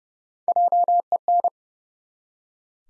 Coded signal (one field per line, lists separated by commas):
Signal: Morse code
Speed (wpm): 30 wpm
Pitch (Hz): 700 Hz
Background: none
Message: JEN